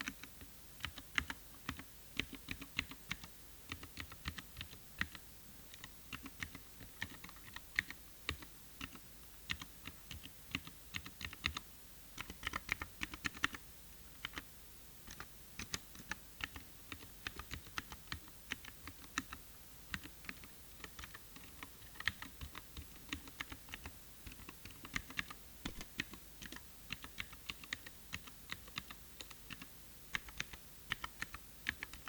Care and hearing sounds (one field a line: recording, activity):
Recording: daily activity, guitar pickup as the sensor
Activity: type